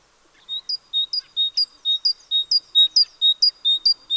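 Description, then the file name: Great tit repeating a clear two-note whistled phrase in a quick, even rhythm. "Parus major"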